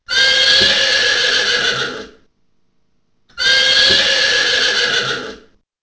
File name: horse